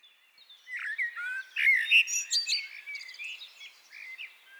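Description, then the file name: Common blackbird delivering a single rich warbled phrase of rising and falling whistles, trailing into quieter chuckling notes. "Turdus merula"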